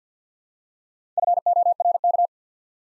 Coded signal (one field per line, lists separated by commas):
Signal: Morse code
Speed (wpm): 50 wpm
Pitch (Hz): 700 Hz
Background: none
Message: FORK